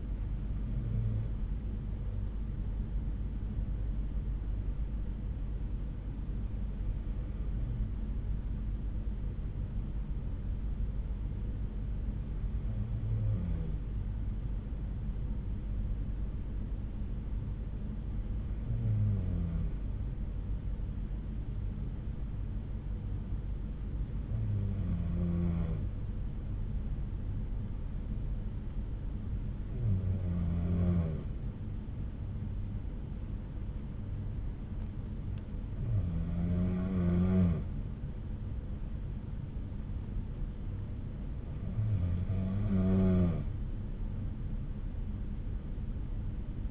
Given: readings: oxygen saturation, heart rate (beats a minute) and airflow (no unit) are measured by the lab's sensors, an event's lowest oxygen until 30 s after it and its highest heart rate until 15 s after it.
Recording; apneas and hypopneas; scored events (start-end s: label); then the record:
breathing in sleep by a smartphone at the bedside; 1
6.00-31.40 s: hypopnea (N2, oxygen 95% highest, then 92% lowest)
From the record:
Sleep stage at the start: N2 (light sleep); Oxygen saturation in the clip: 92 to 95%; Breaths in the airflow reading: 8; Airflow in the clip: -5.7 to 3.4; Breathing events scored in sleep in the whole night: 368 in 8.0 hours asleep